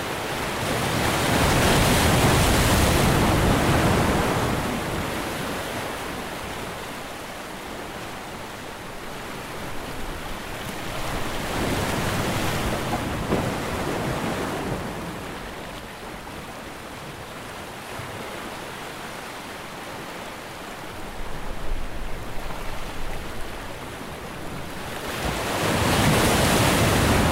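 Ocean waves crash against rocks in slow, rolling surges, each swell building to a full, hissing roar before easing back. Loud peaks arrive near the start, around twelve seconds, and again at the end, with softer washing between them. No other sounds intrude.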